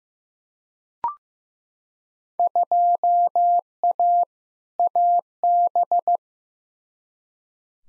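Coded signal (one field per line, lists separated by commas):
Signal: Morse code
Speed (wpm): 15 wpm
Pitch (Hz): 700 Hz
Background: none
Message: 2A AB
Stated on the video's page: Morse practice of Field Day exchanges at 15wpm for head-copy, each sent twice.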